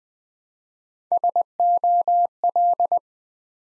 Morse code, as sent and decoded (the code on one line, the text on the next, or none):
... --- .-..
SOL